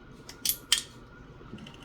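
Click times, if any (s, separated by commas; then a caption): 0.7 s. After reassembly, the hammer of a Smith & Wesson Model 629 .44 Magnum revolver is pulled back to check that it locks in the cocked position. A softer metallic click at about 0.5 s is followed by a loud, sharp metallic click at 0.7 s as the hammer locks back into the cocked position.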